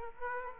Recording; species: mosquito wingbeat signal from an infrared sensor; Aedes aegypti